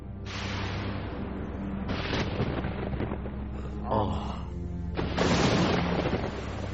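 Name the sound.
heavy rain with thunder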